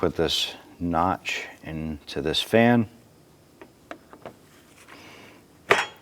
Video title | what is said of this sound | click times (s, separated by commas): How to Replace AC Condenser 2004-2008 Acura TL | Once that pops in, I'm going to go ahead and take our bracket, line this up. | 5.7 s